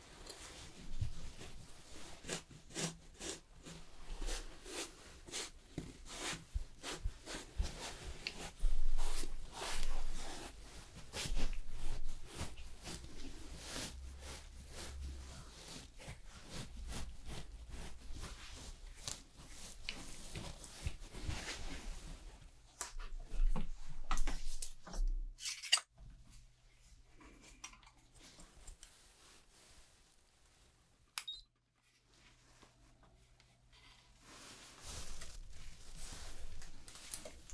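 A fast haircut and styling session, full of dense, irregular snipping and rustling with frequent sharp clicks through the first twenty-odd seconds. A low steady hum runs beneath. After about 22 seconds the activity thins into sparse clicks and brief bursts, with near-silent gaps around 26 and 31 seconds.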